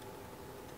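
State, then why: Not seated. During a Mercedes C300 W205 alternator change, the small gray plastic locking tab on the alternator's connector plug is being pushed back into place to lock it. Only a steady, even hiss is heard, with faint humming tones in the low-mid range and no sharp sounds. Nothing has seated or clicked yet.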